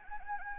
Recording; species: mosquito wingbeat signal from an infrared sensor; Anopheles gambiae